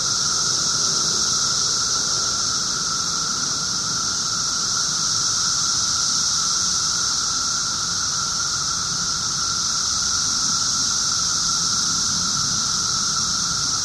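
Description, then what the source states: Periodical cicada chorus, a continuous high sizzling whine layered over a humming lower tone, unchanging from start to finish. 17-year cicadas, several together; recorded 24 June 2007 at 1:30 pm.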